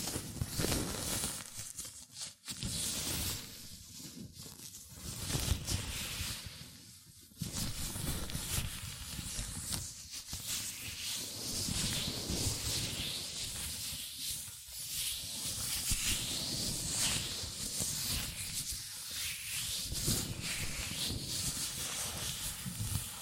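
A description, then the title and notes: Hands rub and stretch inside latex gloves, making a continuous dry hissing and squeaking rustle that fills the whole range from low to bright. The sound shifts constantly with the motion, with brief pauses near 2, 7 and 15 seconds before the rubbing resumes. ASMR Latex Gloves Hand Sounds (No Talking).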